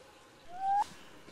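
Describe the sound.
Maroon oriole giving a single clear fluty whistle that slides upward and ends abruptly, over a quiet, faintly hissing background.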